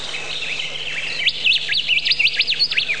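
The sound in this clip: Bird song: soft twittering at first, then loud, fast zigzagging whistled notes rising and falling in a steady trill through the last half.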